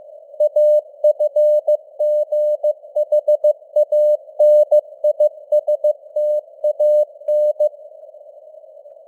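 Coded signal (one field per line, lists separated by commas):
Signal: Morse code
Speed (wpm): 15 wpm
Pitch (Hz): 600 Hz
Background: none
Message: AFGHANISTAN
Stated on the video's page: News headlines in Morse at 15 wpm with simulated radio noise and varying signal strength (QSB).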